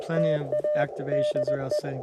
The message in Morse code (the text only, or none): TA DE